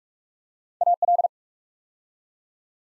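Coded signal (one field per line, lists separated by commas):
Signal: Morse code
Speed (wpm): 44 wpm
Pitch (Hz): 700 Hz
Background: none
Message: AL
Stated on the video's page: Morse practice at 45 wpm, building 8-letter words two letters at a time for instant character recognition.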